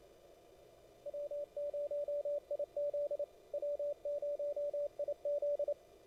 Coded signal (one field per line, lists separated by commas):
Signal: Morse code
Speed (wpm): 28 wpm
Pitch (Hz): 580 Hz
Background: none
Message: W0IZ W0IZ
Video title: 2022-08-14 WT2P WAE CW With QTC